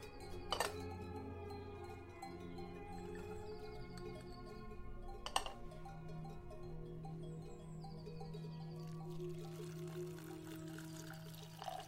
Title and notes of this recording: Vintage kitchen ASMR Ambience | cooking with oldies playing. Granny is cooking in the kitchen while oldies music playing from living room